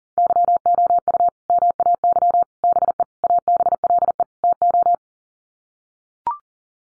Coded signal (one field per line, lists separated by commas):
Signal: Morse code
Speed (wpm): 40 wpm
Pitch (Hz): 700 Hz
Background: none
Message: YOU MAY BE ABLE TO